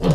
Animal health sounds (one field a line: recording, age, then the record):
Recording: pig call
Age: piglet (1 to 25 days)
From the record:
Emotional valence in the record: positive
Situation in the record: reunion after long isolation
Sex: male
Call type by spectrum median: low-frequency call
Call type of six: low-frequency tonal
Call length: 0.15 s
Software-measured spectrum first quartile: 153 Hz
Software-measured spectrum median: 271 Hz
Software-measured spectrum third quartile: 650 Hz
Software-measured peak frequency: 161 Hz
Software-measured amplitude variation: 125 dB a second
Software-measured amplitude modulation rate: 9.9 a second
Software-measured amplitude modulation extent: 12.6 dB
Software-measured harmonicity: -0.5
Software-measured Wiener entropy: -1.08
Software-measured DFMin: 965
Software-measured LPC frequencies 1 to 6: 2969, 4218, 5048, 5745, 6674, 7298 Hz